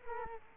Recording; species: mosquito wingbeat signal from an infrared sensor; Culex quinquefasciatus